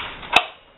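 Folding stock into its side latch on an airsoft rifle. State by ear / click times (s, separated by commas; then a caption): not seated / none. The collapsible skeleton stock, with a one-inch rubber butt plate pad, of a G36K airsoft rifle is folded toward its side latch on the right-hand side, where a G36 clip-on magazine is attached. A single sharp impact sounds at 0.4 s. The stock does not lock into place because the magazine is in the way, so nothing has seated or clicked yet.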